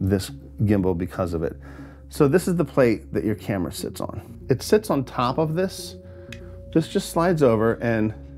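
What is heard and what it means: A camera quick-release plate, the plate the camera sits on, is handled and slid over a gimbal's receiver while someone talks over faint steady tones. The clip ends before the plate goes home, so nothing has seated or clicked yet.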